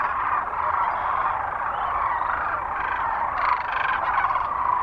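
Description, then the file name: Sandhill Cranes calling as a dense flock, an unbroken chorus of overlapping rolling, trumpeting calls; the din swells slightly in the final second and a half. Recorded 9 March 2004 near Kearney, Nebraska. "2004-03-09 SACRandmore Kerney NE"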